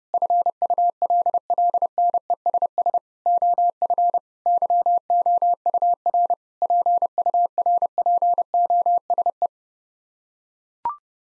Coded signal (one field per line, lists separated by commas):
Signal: Morse code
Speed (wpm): 30 wpm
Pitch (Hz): 700 Hz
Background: none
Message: FULLNESS OF YOUR PURPOSE